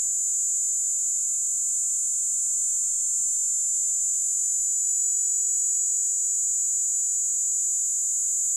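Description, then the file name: Cicada (Platypleura plumosa): cicada singing a continuous, high-pitched shrill buzz that holds steady without pause throughout, loud and unbroken over a quiet background. Recorded at Steytlerville. "P plumosa Steydtlerville"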